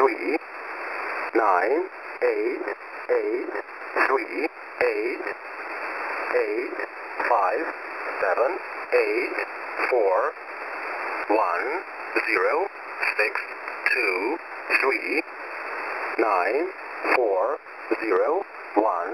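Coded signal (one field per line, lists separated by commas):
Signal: numbers station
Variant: E07a, English male voice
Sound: male voice reading short evenly spaced numbers over shortwave radio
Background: radio static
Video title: E07a English Man 11153kHz 0800 UTC 05/09/2020 - 99 Group Message!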